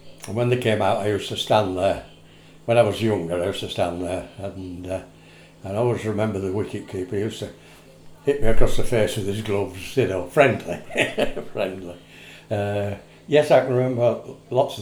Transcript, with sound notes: and when they came out, I used to stand there, when I was younger, I used to stand there and er, i always remember the wicketkeeper used to hit me across the face with his gloves. Y’know friendly, (laughs) friendly. Er, yes, I can remember lots of things.